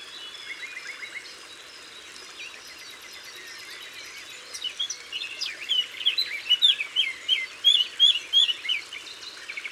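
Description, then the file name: Eurasian blackcap song: after quiet chirping from other birds, a run of loud, fluty whistled notes repeats rapidly for several seconds. Recorded in Isère, France. "Fauvette-a-tete-noire-Concerts-naturels-de-l Isere-Studio-Les-Trois-Becs"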